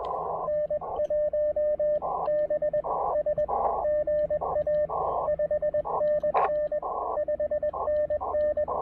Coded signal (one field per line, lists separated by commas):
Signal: Morse code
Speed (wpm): 20 wpm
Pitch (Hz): 590 Hz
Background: radio noise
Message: N1BS GA 5NN 5NN